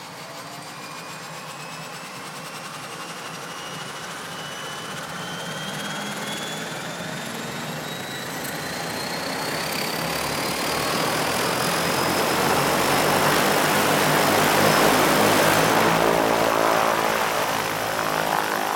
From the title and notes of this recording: De Havilland Canada DHC - 3-T Turbo - Otter by Andy "soundeziner" Martin.